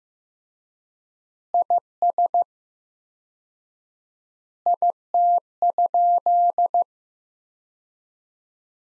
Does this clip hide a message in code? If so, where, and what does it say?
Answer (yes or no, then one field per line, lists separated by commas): yes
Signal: Morse code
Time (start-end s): 1.5-6.8 s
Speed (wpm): 15 wpm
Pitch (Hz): 700 Hz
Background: none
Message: IS IT?